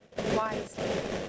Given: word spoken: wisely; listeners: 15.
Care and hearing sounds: one English word in noise, from a listening test; noise modulated by three-talker babble; -3.7 dB; 4 of 15; 7 of 15; 0.89 s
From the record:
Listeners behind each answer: 7, 4, 1, 1, 1, 1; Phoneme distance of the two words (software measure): 14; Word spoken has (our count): 2 syllables, 5 phonemes, stress on syllable 1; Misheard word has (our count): 1 syllable, 3 phonemes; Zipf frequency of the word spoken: 3.63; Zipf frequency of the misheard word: 4.53

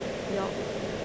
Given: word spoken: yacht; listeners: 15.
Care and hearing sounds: one English word in noise, from a listening test; speech-shaped noise; -4.2 dB; 2 of 15; 6 of 15; 0.65 s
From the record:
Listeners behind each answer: 6, 2, 2, 2, 1, 1, 1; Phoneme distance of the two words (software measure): 20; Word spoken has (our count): 1 syllable, 3 phonemes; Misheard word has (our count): 1 syllable, 3 phonemes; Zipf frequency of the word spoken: 3.77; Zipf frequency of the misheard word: 4.72

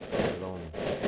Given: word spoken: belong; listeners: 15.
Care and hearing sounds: one English word in noise, from a listening test; noise modulated by three-talker babble; -6.3 dB; 1 of 15; 10 of 15; 0.68 s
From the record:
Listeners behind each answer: 10, 2, 1, 1, 1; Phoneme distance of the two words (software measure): 14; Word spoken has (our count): 2 syllables, 5 phonemes, stress on syllable 2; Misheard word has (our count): 1 syllable, 3 phonemes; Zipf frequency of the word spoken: 4.30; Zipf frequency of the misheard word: 5.80

